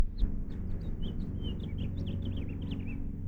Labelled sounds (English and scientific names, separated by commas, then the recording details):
House Finch (Haemorhous mexicanus) song
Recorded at Valley Stream on Long Island, New York, on 17 June 1975
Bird A